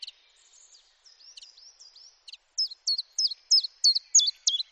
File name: Common Chiffchaff